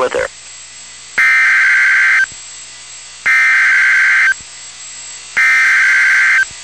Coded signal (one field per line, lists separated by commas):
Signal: Emergency Alert System (SAME) tones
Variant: header bursts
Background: speech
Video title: Real NOAA Weather Radio EAS Alert #112